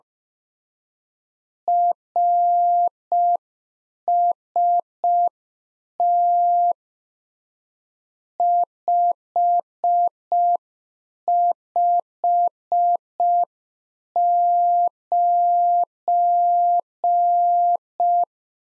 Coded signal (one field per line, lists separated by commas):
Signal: Morse code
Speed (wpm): 5 wpm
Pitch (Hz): 700 Hz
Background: none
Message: RST 559